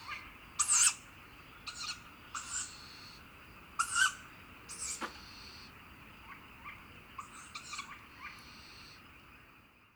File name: Tawny Owl Begging Calls Of Fledged Brood With Guarding Calls Of Female